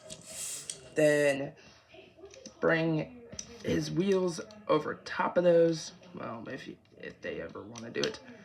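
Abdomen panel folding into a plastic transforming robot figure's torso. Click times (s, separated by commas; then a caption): 0.7 s. The abdomen panel of a plastic Studio Series Leader Class Optimus Prime transforming robot figure from Age of Extinction is folded down into its torso and seats with a sharp click at 0.7 s. Someone talks over the handling, with a few more soft plastic clicks afterward.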